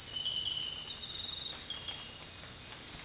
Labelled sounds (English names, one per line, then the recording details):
none
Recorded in dense forest near Puerto Asís, Putumayo, Colombia, on 16 December 2024 at 03:30
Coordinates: 0.468, -76.322
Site G071